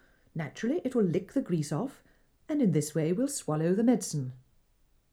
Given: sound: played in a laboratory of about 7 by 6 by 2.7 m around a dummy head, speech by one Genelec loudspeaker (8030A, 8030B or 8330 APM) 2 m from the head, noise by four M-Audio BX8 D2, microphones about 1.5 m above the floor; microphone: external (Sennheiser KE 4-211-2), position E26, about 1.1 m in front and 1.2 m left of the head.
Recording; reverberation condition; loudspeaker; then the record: female speech in English; low; 60 degrees to the left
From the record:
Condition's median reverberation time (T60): about 310 ms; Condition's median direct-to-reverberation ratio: about 3.5 dB